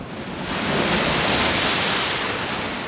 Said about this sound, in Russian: Но вот перед ними море. Бушует, шумит на просторе. А в море высокое ходит волна.